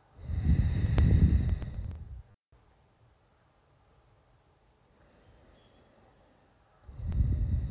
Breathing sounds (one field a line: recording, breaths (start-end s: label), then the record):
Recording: nose breathing near a microphone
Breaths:
0.09-2.35 s: exhalation
4.90-6.73 s: inhalation
6.73-7.71 s: exhalation
From the record:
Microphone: phone